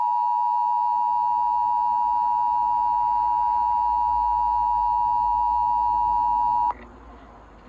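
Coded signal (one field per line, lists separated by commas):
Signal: Emergency Alert System (SAME) tones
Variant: 853 and 960 Hz attention tone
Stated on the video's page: SAME tones from an archived weekly test followed by an Amber alert.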